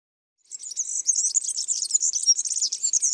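European serin song: after a brief silence, an unbroken stream of very high, rapid, glassy jingling notes.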